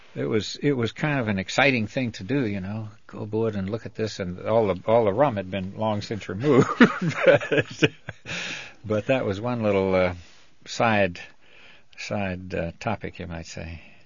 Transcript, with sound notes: it was, it was kind of an exciting thing to do, you know, go aboard and look at this, and all, all the rum had been long since removed. (he laughs) But that was one little side, side topic, you might say.